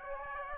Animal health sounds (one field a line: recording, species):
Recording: mosquito wingbeat signal from an infrared sensor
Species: Aedes aegypti